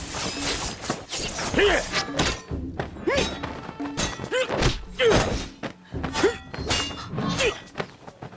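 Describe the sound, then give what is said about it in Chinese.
A fight at a gate between a fighter swinging a big sledgehammer and a swordsman, with a rapid series of heavy thuds and clanging clashes roughly every second, loud and irregular, with whooshing swings between the blows. “晋中黑风侠抡着大锤在门口拉了个架势，向着乐月冲来。乐月扬起剑迎上去。”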